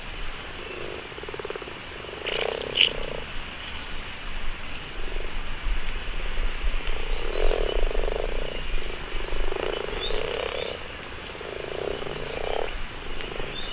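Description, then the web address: Frog chorus of low purring croaks, short bursts repeated irregularly, over steady background hiss with faint bird chirps. Spring. "lindenbergschule fruehling frog"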